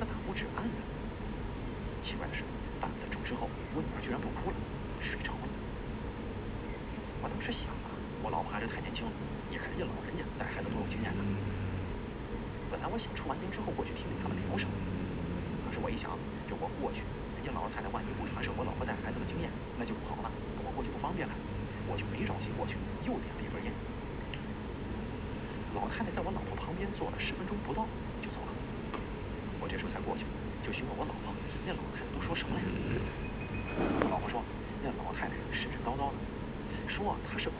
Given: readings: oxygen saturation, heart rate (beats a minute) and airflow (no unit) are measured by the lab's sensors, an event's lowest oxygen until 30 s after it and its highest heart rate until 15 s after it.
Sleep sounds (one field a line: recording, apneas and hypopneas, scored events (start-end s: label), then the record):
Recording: breathing in sleep by a voice recorder at the bedside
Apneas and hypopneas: 1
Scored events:
13.00-32.90 s: hypopnea (N2, oxygen 94% highest, then 92% lowest)
From the record:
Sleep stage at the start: N2 (light sleep)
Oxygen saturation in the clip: 93 to 95%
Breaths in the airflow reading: 12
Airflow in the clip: -2.5 to 4.9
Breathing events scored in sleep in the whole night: 335 in 6.7 hours asleep